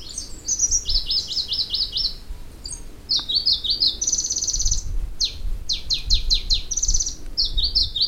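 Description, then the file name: Pallas's leaf warbler singing very high, fast repeated note series that change pitch from phrase to phrase, with a steady low rumble underneath. "warbler-pallas-leaf 003-Phylloscopus-proregulus"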